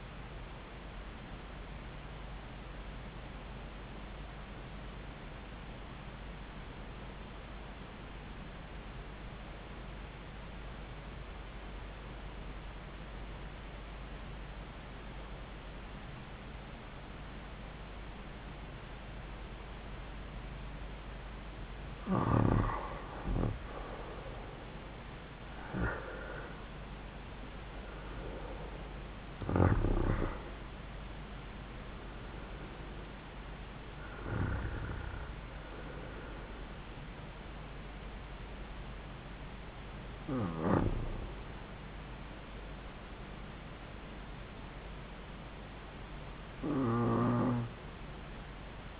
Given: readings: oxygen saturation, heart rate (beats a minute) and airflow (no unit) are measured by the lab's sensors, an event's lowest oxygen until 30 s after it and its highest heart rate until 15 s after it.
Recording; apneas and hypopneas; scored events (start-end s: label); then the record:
breathing in sleep by a voice recorder at the bedside; 1
5.00-21.60 s: obstructive apnea (N2, oxygen 94% highest, then 85% lowest)
33.00-49.00 s: new sleep stage, REM sleep
From the record:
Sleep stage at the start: N2 (light sleep); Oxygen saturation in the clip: 85 to 94%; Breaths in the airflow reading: 6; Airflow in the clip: -7.9 to 7.2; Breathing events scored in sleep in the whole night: 270 in 6.1 hours asleep